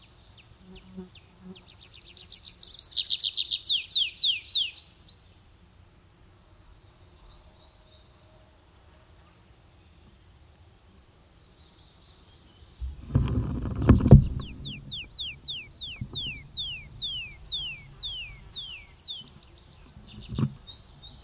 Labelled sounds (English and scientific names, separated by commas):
Tree Pipit (Anthus trivialis) song